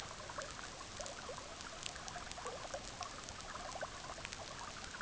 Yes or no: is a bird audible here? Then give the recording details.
no. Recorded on Arctic tundra, site EABA-MC, on 18 June 2019. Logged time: 06:00